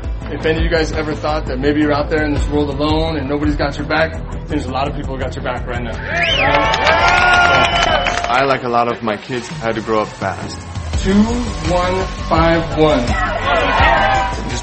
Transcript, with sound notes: If any of you guys ever thought that maybe you`re out there in this world alone and nobody`s got your back, there`s a lot of people who got your back right now. (CHEERS) I like a lot of my kids, I had to grow up fast. Two-one-five-one.